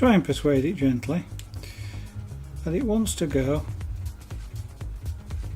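A metal circlip is being gently pushed onto a drive shaft in the gearbox of a Tamiya Volvo FH12 1/14 scale RC truck kit while someone talks over background music with a regular beat. Faint sharp ticks occur around 1.5, 4.3, 4.8 and 5.3 seconds. The circlip is still being worked on, and nothing has seated or clicked yet.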